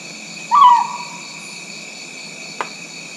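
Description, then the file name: Rinjani scops owl giving a single short hooted note, slightly falling in pitch, over a steady high insect drone and a faint click. "Otus jolandae song"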